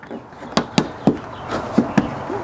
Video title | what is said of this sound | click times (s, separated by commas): LED Dome Light with Switch Under Hood Engine Lighting with Baja Designs - CRAZY BRIGHT & so small!!! | pops right in super easy | 0.8 s